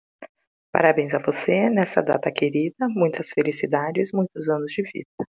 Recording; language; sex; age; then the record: short text; Brazilian Portuguese; female; 40 to 49 years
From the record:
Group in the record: control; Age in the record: 46 years